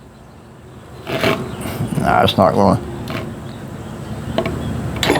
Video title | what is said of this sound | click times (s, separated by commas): How to Replace a Camshaft in a 17 1/2 hp Briggs and Stratton Engine. (8/6/2026) | right there. You hear that click? | 5.0 s